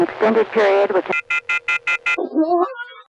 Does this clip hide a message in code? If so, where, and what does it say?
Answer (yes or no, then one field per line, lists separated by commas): no